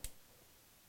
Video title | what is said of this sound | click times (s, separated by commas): Smith&Wesson 586 | you want to get precise shots you can just pull it until that cylinder stop engages you can hear the click | 0.0 s